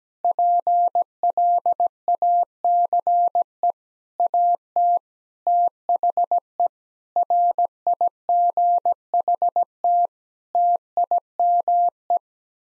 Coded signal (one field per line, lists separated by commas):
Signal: Morse code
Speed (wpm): 17 wpm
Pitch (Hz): 700 Hz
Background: none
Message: PLACE AT THE RIGHT TIME